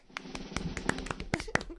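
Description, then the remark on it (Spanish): A short burst of hand clapping: a dozen or so sharp, crisp claps in an uneven, slightly overlapping rhythm, as if a few people are applauding briefly with no voices. “Eso es aplaudido.”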